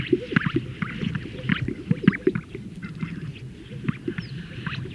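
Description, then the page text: Greater sage-grouse display sounds: a dense mix of low bubbling pops and gurgling plops, with scattered higher squeaky whistles from several birds. Males performing at a lek, inflating a large sac and releasing the air. "Greater Sage Grouse Lek. Greater Sage Grouse males performing at a lek, where they inflate a large sac and release the air"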